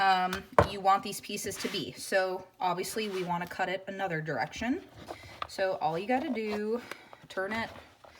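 Someone talks while handling the plastic lid of a salad cutting bowl, starting to turn it so it can be twisted until it locks. Nothing has seated or clicked into place yet when the clip ends.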